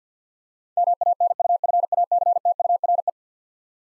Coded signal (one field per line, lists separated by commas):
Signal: Morse code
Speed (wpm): 50 wpm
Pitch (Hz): 700 Hz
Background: none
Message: MANUFACTURE